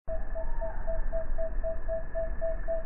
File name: megascops watsonii